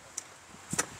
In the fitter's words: ये आपका lock system है, या बस आपकी तरफ झटका दूंगा तो खुल जाएगी।